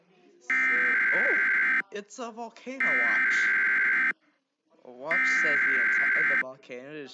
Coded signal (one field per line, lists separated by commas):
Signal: Emergency Alert System (SAME) tones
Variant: header bursts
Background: speech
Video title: WHAT?!- Reacting to EAS Scenarios (Part 1!)